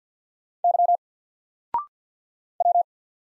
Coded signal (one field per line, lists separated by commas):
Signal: Morse code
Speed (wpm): 48 wpm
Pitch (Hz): 700 Hz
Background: none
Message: Y W